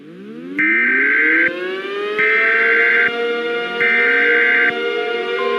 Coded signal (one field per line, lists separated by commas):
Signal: Emergency Alert System (SAME) tones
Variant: header bursts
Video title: EAS Scenario: Overdue Solar Strike (not full version)